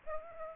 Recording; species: mosquito wingbeat signal from an infrared sensor; Aedes aegypti